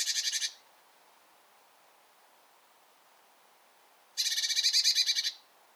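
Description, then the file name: Eurasian blue tit scolding with two harsh, rapidly pulsed buzzy churrs, a brief one at the start and a longer rattle near the end, separated by silence. "Cyanistes caeruleus"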